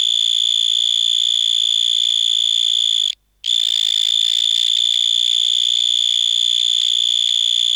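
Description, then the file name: Vine mole cricket trilling: an unbroken, piercing high tone that continues steadily apart from one brief silent break. "Gryllotalpa vineae"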